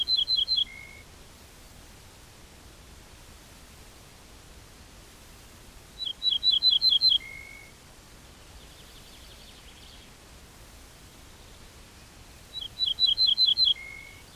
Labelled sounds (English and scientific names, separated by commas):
Ortolan Bunting (Emberiza hortulana) song